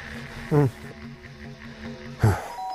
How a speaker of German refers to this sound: Am Morgen weckt mich ein beharrliches Türklingeln.